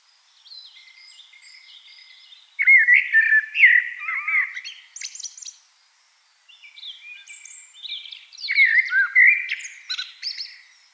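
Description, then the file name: Eurasian blackbird song: quiet high notes, then a loud fluted warbling phrase, a pause, and another rich phrase with squeaky high flourishes. "Turdus merula"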